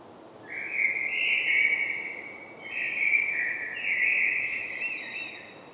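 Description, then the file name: Common blackbird song: a run of linked mellow flute-like warbles, each rising and falling, with faint high squeaky notes woven in and at the end. "Turdus merula"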